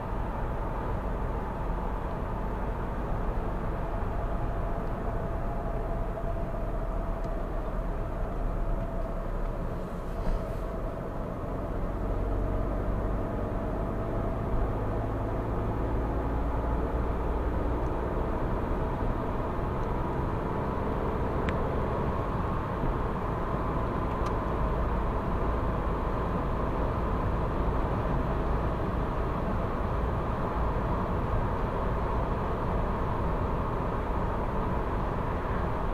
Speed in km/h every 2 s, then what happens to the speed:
84, 83, 75, 69, 61, 60, 69, 76, 83, 89, 96, 98, 97, 98, 98, 98, 98, 98.
0-8 slows to 61. 11-20 speeds up to 96. 20-36 steady at about 98.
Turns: none.